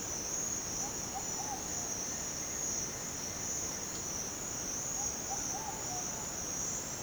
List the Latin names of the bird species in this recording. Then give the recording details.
Patagioenas subvinacea, Akletos melanoceps. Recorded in dense forest near Puerto Asís, Putumayo, Colombia, on 22 June 2025 at 07:00. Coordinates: 0.484, -76.317. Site G045